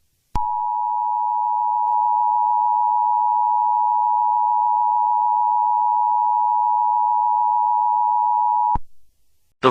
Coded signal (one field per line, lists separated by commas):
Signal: Emergency Alert System (SAME) tones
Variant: 853 and 960 Hz attention tone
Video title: EAS scenario #59: Zombie Werewolves Part 2: Demonic Werewolves